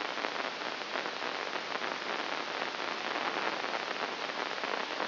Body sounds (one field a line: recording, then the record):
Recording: brain microelectrode recording played as sound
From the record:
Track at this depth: inside the subthalamic nucleus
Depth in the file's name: 2.205 mm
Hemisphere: right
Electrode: 3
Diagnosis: Parkinson's disease